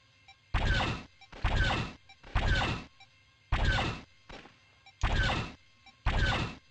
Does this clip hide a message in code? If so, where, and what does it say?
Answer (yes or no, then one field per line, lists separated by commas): no